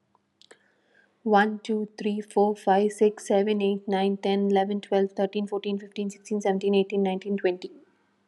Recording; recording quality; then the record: counting at a fast pace; excellent, no background noise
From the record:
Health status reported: healthy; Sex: female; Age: 37 years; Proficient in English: yes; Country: India